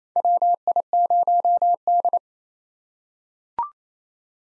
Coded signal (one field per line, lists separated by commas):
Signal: Morse code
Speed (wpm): 27 wpm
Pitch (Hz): 700 Hz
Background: none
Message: WI0D